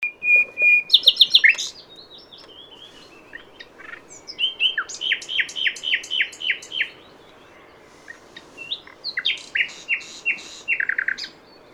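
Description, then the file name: Common nightingale song of loud separate phrases, each a fast run of repeated notes, some sharp and high, some fuller and lower, with brief pauses between. "Luscinia megarhynchos"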